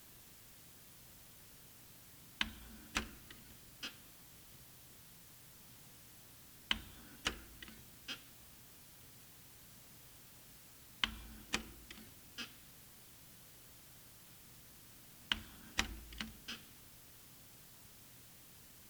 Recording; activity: daily activity, guitar pickup as the sensor; manipulate door